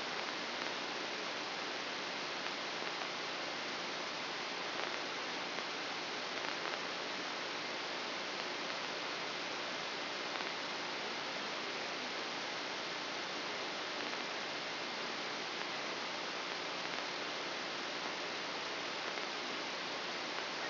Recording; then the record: brain microelectrode recording played as sound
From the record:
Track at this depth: inside the subthalamic nucleus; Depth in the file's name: 3.712 mm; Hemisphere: left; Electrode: 2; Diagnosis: Parkinson's disease